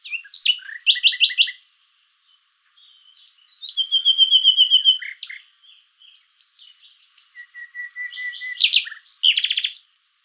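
Common nightingale song in varied phrases: rapid repeated notes, a long even trill, softer notes, then sharp loud rattling notes at the end.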